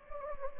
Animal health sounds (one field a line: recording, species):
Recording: mosquito wingbeat signal from an infrared sensor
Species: Anopheles gambiae